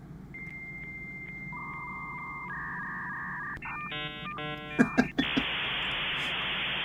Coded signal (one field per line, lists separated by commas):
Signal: dial-up modem handshake